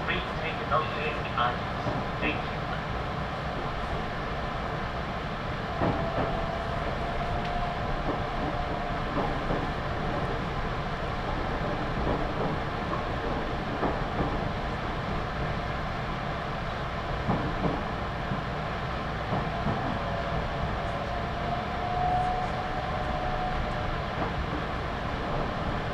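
A local train on the Tokaido Line rolls along with a steady, dense rumble and rattle of wheels on track. Brief clanks and knocks recur every few seconds, and a faint motor whine rises and falls around the sixth and twenty-second seconds.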